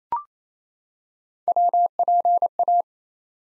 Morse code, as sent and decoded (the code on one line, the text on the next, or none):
.-- .--. .-
WPA